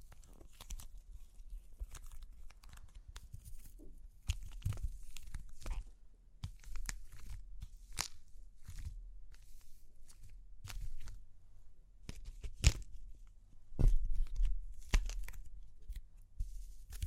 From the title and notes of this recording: Super Crunchy Clay Cracking (No Talking).